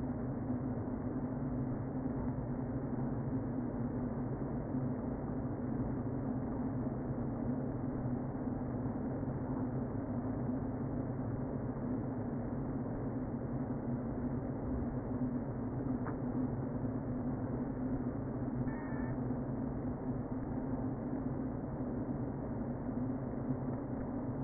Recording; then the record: honeybee colony, microphone inside the hive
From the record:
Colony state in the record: queen present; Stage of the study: before two queens were removed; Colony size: about 60,000 bees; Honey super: yes